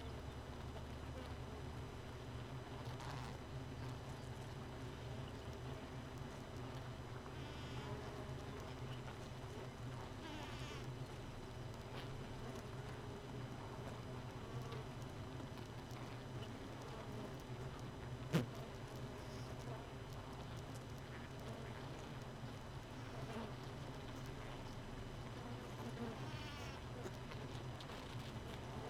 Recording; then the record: honeybee colony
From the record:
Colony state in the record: missing queen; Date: 31 May 2018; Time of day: 4:18